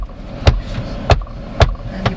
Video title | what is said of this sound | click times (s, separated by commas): 2023 Volkswagen T-Cross SE with AID - Still the Comfiest Subcompact Crossover! - CAR REVIEW #162 | because it this one locks in place yeah see that's cool | 0.5 s, 1.1 s, 1.6 s, 2.1 s